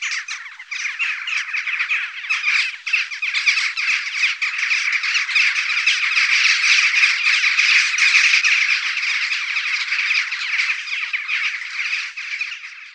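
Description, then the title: Western jackdaws in a dense, continuous chorus of harsh, overlapping chack calls, a steady noisy chatter that swells slightly toward the middle. Recorded in Germany, Austria and Switzerland. "Dohle"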